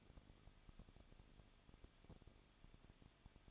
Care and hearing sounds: daily activity, microphone in the room; no activity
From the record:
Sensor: 4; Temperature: 23.1 degrees Celsius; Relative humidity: 34.3%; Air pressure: 1007.2 hPa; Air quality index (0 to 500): 213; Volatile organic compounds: 14 ppm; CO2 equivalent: 2461 ppm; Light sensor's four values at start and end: 2/3/1/1 and 2/3/1/1

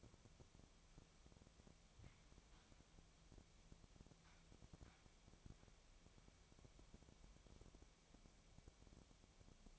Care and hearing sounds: daily activity, microphone in the room; wipe stove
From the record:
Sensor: 1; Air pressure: 1007.1 hPa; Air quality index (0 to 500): 205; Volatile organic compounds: 22 ppm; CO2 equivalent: 2761 ppm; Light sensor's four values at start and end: 13/33/13/14 and 13/33/13/14

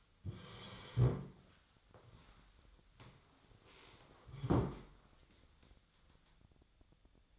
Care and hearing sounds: daily activity, microphone in the room; sit down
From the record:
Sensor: 3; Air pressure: 1015.2 hPa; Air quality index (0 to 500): 142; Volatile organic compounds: 7 ppm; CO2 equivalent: 2019 ppm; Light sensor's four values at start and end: 13/33/13/14 and 14/36/14/15

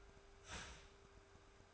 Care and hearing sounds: daily activity, microphone in the room; start toaster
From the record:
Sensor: 2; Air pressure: 1014.6 hPa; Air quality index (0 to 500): 198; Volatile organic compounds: 21 ppm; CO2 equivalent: 2722 ppm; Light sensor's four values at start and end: 3/9/3/3 and 3/9/3/3

